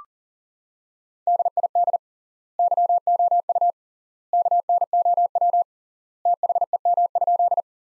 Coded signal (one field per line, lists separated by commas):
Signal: Morse code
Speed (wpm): 40 wpm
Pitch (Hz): 700 Hz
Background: none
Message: DID YOU KNOW THEM?